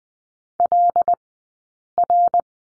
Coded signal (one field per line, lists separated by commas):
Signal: Morse code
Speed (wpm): 20 wpm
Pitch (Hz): 700 Hz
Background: none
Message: LR